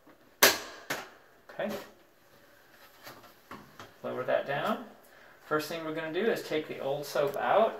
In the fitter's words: push up on the bottom to open the dispenser you'll hear a little click okay